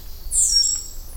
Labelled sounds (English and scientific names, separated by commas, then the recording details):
Stitchbird (Notiomystis cincta) song
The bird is a male
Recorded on Tiritiri Matangi Island, New Zealand, in 2005
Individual 16, of nest box 24